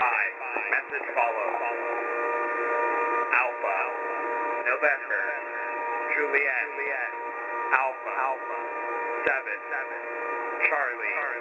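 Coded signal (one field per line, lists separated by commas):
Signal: coded military voice message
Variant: HFGCS EAM, English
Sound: a voice reading phonetic-alphabet letters and numbers over noisy shortwave radio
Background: radio static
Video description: Here is some audio of an EAM (Emergency Action Message) recorded from the HFGCS (High Frequency Global Communications System) this afternoon on 11.175 Mhz.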